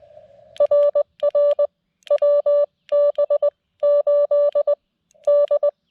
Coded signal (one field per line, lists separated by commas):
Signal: Morse code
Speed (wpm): 19 wpm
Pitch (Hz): 590 Hz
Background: none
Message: RR WB8D